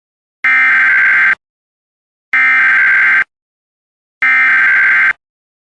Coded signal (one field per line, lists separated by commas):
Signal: Emergency Alert System (SAME) tones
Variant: header bursts